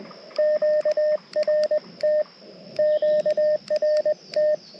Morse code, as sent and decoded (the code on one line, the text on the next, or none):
--.- .-. - / --.- .-. -
QRT QRT